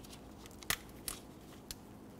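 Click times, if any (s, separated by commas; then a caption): 0.7 s. The plastic harness connector of a downstream Bank 1 Sensor 2 oxygen sensor on a 2005-2021 Nissan Frontier is pushed together with the vehicle wiring connector. A sharp click at 0.7 s marks it locking into place, followed by two fainter ticks around 1.1 s and 1.7 s over a low steady background. The connector is seated.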